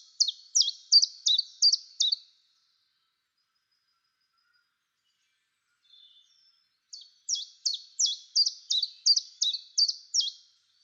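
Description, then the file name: Common chiffchaff song: two runs of high, sharp notes alternating slightly in pitch, several notes each, separated by a pause of several seconds. "tjiftjaf"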